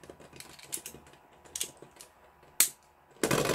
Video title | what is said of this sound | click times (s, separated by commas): Beyblade X BX-19 Booster Rhino Horn 3-80Spike | heard that click | 2.6 s